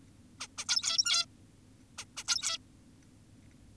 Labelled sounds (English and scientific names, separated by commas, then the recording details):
Zebra Finch (Taeniopygia guttata)
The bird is an adult
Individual g17y2U